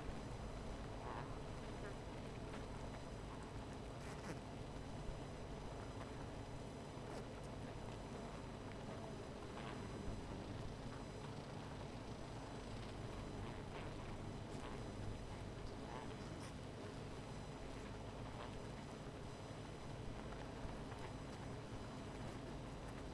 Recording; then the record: honeybee colony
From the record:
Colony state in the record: missing queen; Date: 14 July 2017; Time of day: 17:51